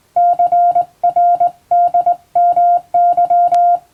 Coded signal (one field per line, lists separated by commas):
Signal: Morse code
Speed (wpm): 19 wpm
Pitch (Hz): 700 Hz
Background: music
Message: CRDMY